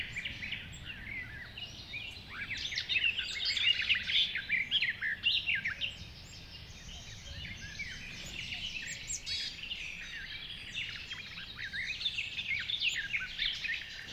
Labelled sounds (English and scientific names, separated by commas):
Garden Warbler (Sylvia borin)